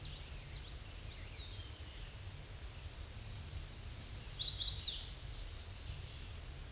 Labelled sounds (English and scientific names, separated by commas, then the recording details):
Chestnut-sided Warbler (Setophaga pensylvanica) song
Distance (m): 10 m
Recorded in a Pennsylvania forest on 18 May 2023 at 06:42
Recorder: AudioMoth, point grid1_40_low
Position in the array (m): 132 m, 211 m